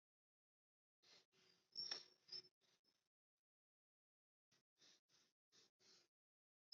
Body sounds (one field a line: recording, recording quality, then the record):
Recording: shallow breathing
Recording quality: moderate, slight background noise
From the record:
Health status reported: COVID-19 positive, mild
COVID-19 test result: positive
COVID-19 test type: RT-PCR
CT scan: not taken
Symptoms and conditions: cough, cold, fatigue, diarrhoea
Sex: male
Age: 23 years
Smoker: no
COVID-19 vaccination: both doses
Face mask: not worn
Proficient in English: yes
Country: India